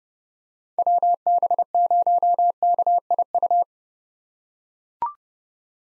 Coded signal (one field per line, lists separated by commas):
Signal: Morse code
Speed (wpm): 32 wpm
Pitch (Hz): 700 Hz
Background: none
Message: WB0KIU